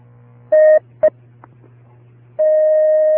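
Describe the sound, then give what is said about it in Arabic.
Telephone line tones over a low steady hum as a caller's phone call is taken on a religious question-and-answer programme: a short mid-pitched beep, a brief second blip, a few faint clicks, then a long unbroken tone as the call connects. “نأخذ اتصالا هاتفيا.”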